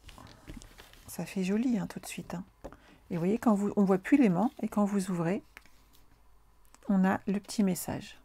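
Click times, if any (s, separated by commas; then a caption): none. Someone talks while handling the closure fastener on a handmade paper greeting card, with a few faint soft taps and rustles between the words. The card has not snapped shut yet, and nothing has clicked or seated.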